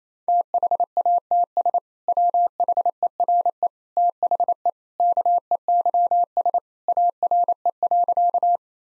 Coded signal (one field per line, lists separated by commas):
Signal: Morse code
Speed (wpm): 28 wpm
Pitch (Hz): 700 Hz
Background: none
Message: THATS WHERE THE KEYS ARE.